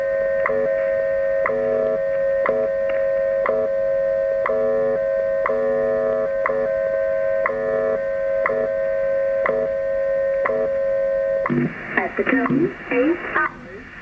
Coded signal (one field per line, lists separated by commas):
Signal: radio time signal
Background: speech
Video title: How to find the frequencies and check the ship time using MF/HF equipment